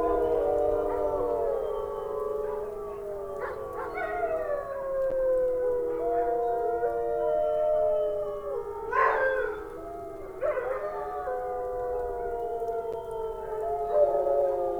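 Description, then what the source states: Wolf: chorus of wolves with long howls gliding downward, interrupted by a few sharp yelping bursts around the middle, then the steady layered howling continues. Several wolves howling.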